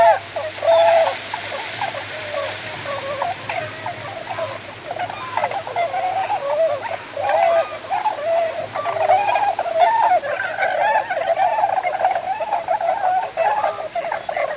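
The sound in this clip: Tundra swans in a large calling flock, many soft bugling and whooping notes overlapping without pause, with a low steady hum underneath.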